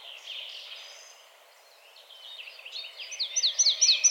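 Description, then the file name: Marsh tit call: faint high twitter at first, a quiet gap, then a loud rapid series of sharp descending notes at the end. "Poecile palustris"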